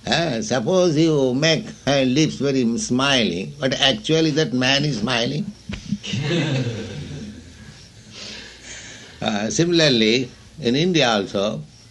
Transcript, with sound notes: Suppose you make lips very smiling—but actually that man is smiling? [laughter] Similarly, in India also,